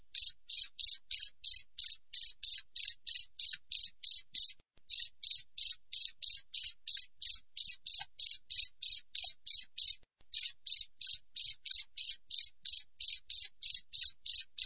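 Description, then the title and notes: Cricket giving a rapid, even series of shrill chirps, roughly three each second, with two short gaps in the run. Clear natural cricket chirping with tightly spaced pauses, made as a master track for training songbirds and for driving away rats. "Masteran Jangkrik Alam Jernih, Jeda Rapat Cocok Untuk Masteran Burung Dan Mengusir Tikus. suara jangkrik"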